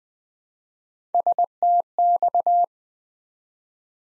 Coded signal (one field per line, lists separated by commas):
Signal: Morse code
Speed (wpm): 20 wpm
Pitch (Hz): 700 Hz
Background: none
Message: STX